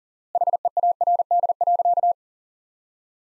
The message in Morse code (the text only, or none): HEARD.